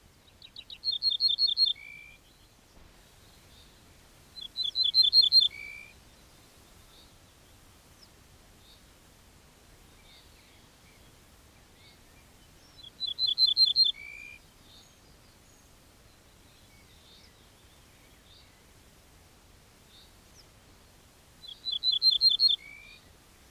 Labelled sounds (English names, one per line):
Ortolan Bunting song